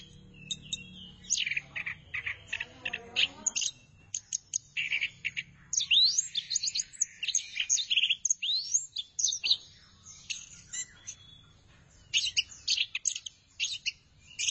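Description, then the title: Thrush song: long sequence of sharp chirps, clicks and whistled phrases, delivered in rapid bursts separated by brief gaps, over a soft low background. "burung anis"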